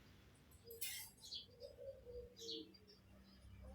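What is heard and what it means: While reassembling a motorcycle starter motor, the armature is pushed into the metal housing past the brushes. A short knock at 0.8 s marks the armature seating fully home in the housing, amid faint high squeaks and low background hum.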